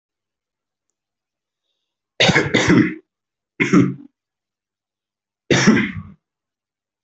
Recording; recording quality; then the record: heavy voluntary cough; excellent, no background noise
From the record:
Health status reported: healthy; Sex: male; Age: 22 years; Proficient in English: no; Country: India